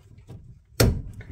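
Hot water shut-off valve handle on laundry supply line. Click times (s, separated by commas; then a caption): 0.8 s. The push/pull handle of the hot-water shut-off valve on a laundry supply line is pulled out by hand. A single sharp click sounds at 0.8 s, followed by a few faint knocks. The valve clicks to off, shutting off the water.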